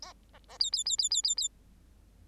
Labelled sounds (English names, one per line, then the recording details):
Bengalese Finch song
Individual Bird8